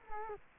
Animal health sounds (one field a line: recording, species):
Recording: mosquito wingbeat signal from an infrared sensor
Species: Culex quinquefasciatus